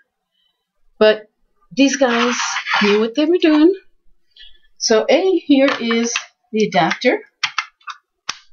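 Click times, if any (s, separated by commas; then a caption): none. Someone talks while handling a plastic adapter for a Fiskars AdvantEdge punch system, about to fit it into the punch base. A few brief, sharp handling sounds come near the end, around 7.4, 7.6 and 8.3 seconds. Nothing has seated or clicked into the base yet.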